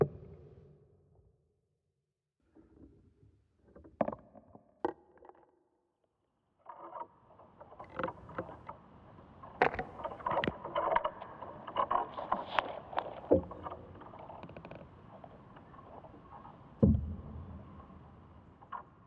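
Inside an ash tree, sparse wooden knocks and creaks give way after seven seconds to dense crackling and rubbing, with a heavy thump near seventeen seconds.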